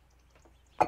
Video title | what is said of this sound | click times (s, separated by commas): Citroen 2cv Top End Rebuild Ep3 - Breathing New Life Into an Old Engine. | nope nope it wasn't seated properly | 0.8 s